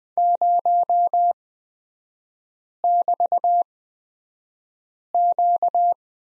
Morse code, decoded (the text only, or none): 0<BT>Q